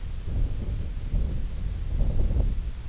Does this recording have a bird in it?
no